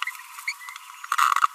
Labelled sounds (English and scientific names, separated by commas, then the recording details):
Green-rumped Parrotlet (Forpus passerinus) babbling
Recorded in a nest box in Venezuela
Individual 18B25A4